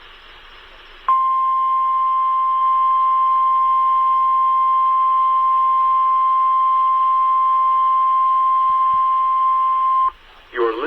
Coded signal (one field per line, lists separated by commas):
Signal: Emergency Alert System (SAME) tones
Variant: 1050 Hz attention tone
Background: speech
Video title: EAS 3610 WWG53 RWT